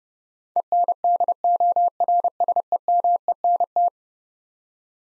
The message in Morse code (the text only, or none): ENDORSEMENT